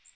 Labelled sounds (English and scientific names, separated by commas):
Magnolia Warbler (Setophaga magnolia) flight call